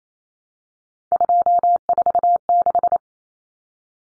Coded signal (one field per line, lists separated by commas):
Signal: Morse code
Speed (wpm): 28 wpm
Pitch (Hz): 700 Hz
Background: none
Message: 246